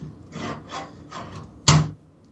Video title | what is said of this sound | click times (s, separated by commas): Building a Haswell Hackintosh - LIVE | and you slide it into place uh makes a very satisfying clicking noise and it's definitely you know secured in there | 1.7 s